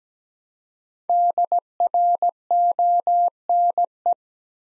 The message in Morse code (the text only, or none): DRONE